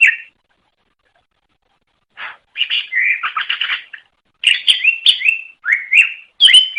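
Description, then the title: Greater green leafbird singing. One short note, a silence, then energetic runs of chirps and looping whistled slurs. Banyuwangi cucak ijo; master song for training other birds; gacor ngeplong singing style; bird described as a national champion. "mster Mnuk. Suara Cucak Ijo Banyuwangi Gacor Ngeplong Master. Masteran Cucak Ijo Juara Nasional"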